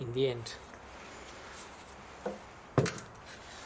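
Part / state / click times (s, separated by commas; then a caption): plastic filler cap onto fluid reservoir neck / seated / 2.8 s. Someone talks, then closes a plastic filler cap onto the neck of an under-bonnet fluid reservoir (coolant or screenwash) on a 2009 Ford S-MAX, turning it all the way until it locks. A few short hits follow, with the loudest sharp click at 2.8 s as the cap seats and locks.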